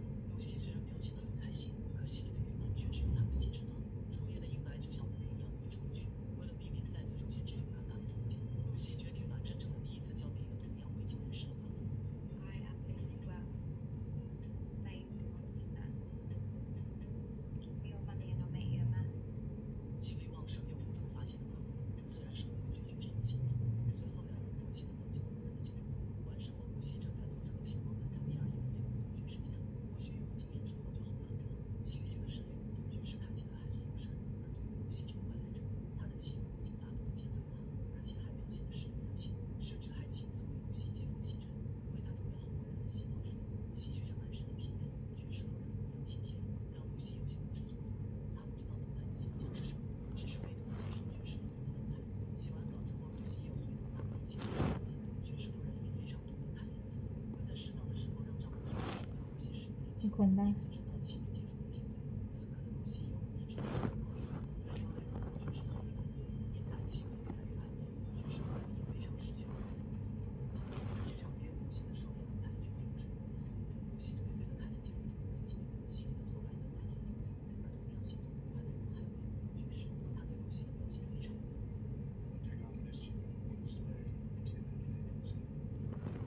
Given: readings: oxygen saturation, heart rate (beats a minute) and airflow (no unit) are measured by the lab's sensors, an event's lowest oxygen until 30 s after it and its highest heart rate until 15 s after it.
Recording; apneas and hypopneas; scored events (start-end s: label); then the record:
a person awake in a sleep study, by a smartphone at the bedside; none
0.00-86.27 s: awake
0.00-86.27 s: awake
From the record:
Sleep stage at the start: awake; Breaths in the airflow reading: 27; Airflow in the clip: -0.7 to 0.8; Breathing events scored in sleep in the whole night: 496 in 5.4 hours asleep